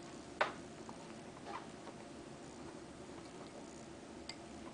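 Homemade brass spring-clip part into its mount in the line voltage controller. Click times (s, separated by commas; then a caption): 4.3 s. After its brass spring strip is trimmed, a homemade brass spring-clip part is pushed into its mount in an AC line voltage controller for an Atwater Kent Model 40, over a steady background hiss. A sharp knock sounds at 0.4 s and a faint tick at 0.9 s, then a crisp click at 4.3 s as the part seats firmly in place.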